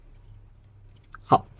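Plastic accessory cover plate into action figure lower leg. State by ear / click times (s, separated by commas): seated / 1.2 s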